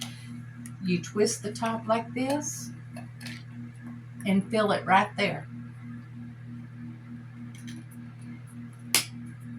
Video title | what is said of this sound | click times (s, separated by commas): 🎉 Milestone Alert: The Epic Centennial Video Extravaganza Collides with Temu Tuesday! 🎬🎂 | and it snaps into place like that. Okay. | 8.9 s